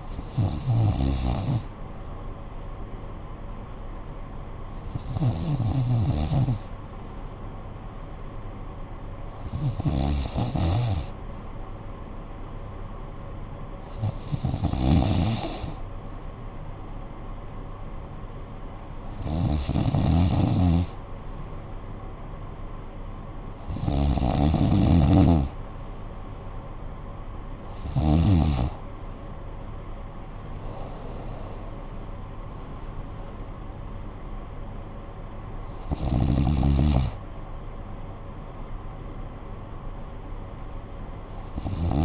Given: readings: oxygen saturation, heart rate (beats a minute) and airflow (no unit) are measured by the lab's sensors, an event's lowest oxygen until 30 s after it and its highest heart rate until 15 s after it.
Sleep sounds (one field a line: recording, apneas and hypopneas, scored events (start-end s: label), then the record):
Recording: breathing in sleep by a smartphone at the bedside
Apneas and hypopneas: none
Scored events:
none scored
From the record:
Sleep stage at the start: N2 (light sleep)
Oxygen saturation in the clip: 93 to 94%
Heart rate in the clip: 58 to 77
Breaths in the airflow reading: 9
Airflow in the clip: -10.6 to 9.6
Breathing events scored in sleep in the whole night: 445 in 7.6 hours asleep